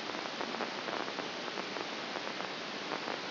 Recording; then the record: brain microelectrode recording played as sound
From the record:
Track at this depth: outside the subthalamic nucleus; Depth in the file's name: 6.868 mm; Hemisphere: left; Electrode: 2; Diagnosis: Parkinson's disease